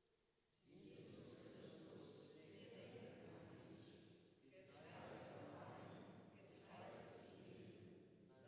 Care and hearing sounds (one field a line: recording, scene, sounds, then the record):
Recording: everyday scene through a hearing-aid microphone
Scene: reverberant space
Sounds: speech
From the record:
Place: church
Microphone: in the ear canal, left